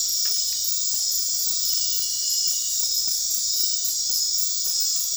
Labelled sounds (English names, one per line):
none